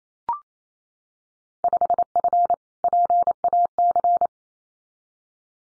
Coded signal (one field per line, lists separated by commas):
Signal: Morse code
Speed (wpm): 28 wpm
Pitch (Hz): 700 Hz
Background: none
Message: 5F PAC